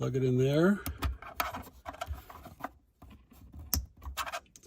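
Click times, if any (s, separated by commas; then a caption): 3.7 s. The plastic plug of a radar detector power adapter is pushed into the adapter's female socket while someone talks, with light scraping and handling clicks along the way. A sharp snap at 3.7 s marks the plug locking in, and the connector is seated.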